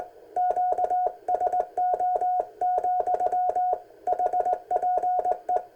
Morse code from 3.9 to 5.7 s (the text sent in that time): HPE